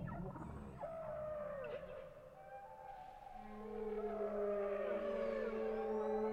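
Whale song: long wavering tonal moans and downward sweeps, several overlapping, with a steady low hum entering midway and faint high squeaks.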